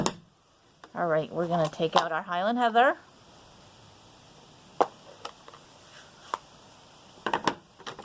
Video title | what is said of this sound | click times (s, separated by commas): TV Tray Tuesday!...Dandelion Wishes | And then they just flip and lock into place. | 0.1 s